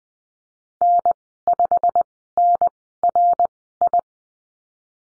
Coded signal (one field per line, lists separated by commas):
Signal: Morse code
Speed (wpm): 20 wpm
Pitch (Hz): 700 Hz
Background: none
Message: N5NRI